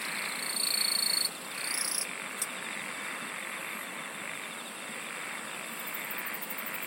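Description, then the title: Insect chorus with loud high buzzing trills in the first two seconds, then a steady shrill drone and fast pulsing underneath. "SINGING OF INSECTS"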